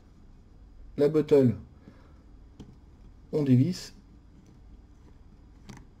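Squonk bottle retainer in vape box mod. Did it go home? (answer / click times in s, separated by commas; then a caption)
released / 5.7 s, 5.8 s. Someone talks while unscrewing the spring-loaded retainer of the squonk bottle on a vape box mod to take the bottle out. A small click sounds at 5.7 s and 5.8 s as the bottle compartment clicks open and the bottle is released.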